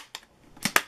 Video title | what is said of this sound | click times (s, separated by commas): JZ BRAIN V63 Vacuum Sealer | those down and they lock into place and then the buttons on the side you're gonna push those simultaneously and | 0.2 s, 0.8 s